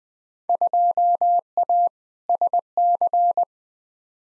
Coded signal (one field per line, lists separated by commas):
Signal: Morse code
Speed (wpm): 20 wpm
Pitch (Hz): 700 Hz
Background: none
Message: 2A SC